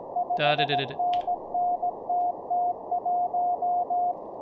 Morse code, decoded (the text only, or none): 5NNTT1